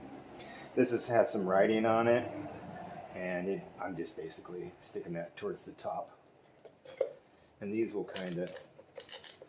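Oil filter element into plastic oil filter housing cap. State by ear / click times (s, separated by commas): not seated / none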